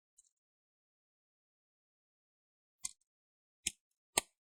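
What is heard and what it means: The plastic screen bezel of an HP 15 bw014 laptop is squeezed together against the display lid so its side and corner clips snap in. After a faint tick near the start and a long silence, three sharp clicks sound at 2.9, 3.7 and 4.2 s, the last being the loudest. The bezel clips are seated.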